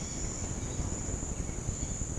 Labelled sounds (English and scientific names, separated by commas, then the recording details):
none
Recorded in pastures near Puerto Asís, Putumayo, Colombia, on 13 March 2025 at 08:30
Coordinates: 0.505, -76.324
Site GP08